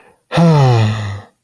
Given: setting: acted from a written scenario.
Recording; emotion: vocal sound without words; serenity